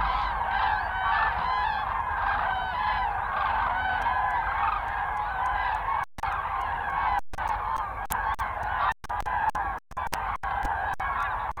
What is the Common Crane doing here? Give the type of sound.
call